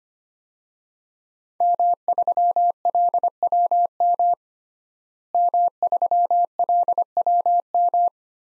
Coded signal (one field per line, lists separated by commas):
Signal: Morse code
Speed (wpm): 25 wpm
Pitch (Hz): 700 Hz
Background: none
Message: M3LWM M3LWM